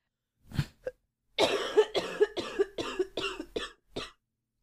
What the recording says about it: The phlegm shit that I was coughing up the last 2 days. It looked like slugs.